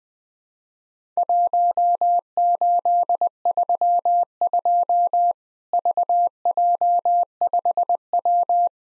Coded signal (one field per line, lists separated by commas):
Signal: Morse code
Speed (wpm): 20 wpm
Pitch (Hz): 700 Hz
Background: none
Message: 1832 VJ5W